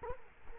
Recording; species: mosquito wingbeat signal from an infrared sensor; Culex quinquefasciatus